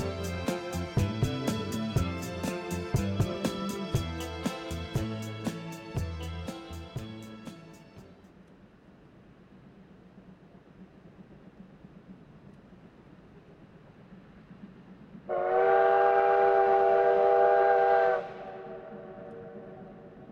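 A steam locomotive hauls a passenger train, its rapid, regular chuffing loud and close for the first eight seconds before fading into a low rolling rumble. Around fifteen seconds a piercing steam whistle sounds for about three seconds, then the quieter rumble continues.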